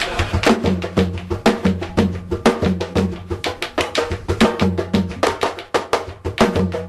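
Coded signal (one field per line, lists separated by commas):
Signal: drum signal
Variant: Wolof sabar drum language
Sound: fast crisp slapped drum strokes in shifting rhythmic phrases, about four to six per second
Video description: On the Grammar of a Senegalese Drum Language: Yoad Winter Supporting Materials Clip 1: Two Lebou Wolof griots playing a praise song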